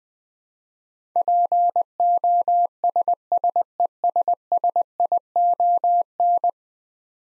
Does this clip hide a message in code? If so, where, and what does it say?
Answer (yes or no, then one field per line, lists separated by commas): yes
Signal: Morse code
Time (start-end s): 1.2-6.5 s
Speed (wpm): 20 wpm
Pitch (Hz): 700 Hz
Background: none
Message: POSSESSION